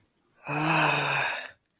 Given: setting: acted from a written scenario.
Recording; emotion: vocal sound without words; guilt